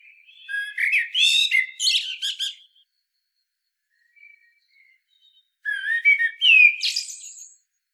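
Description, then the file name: Common blackbird song: two phrases, each opening with low fluted, warbling whistles and ending in a high, squeaky twitter, with a quiet gap between them. "Turdus merula"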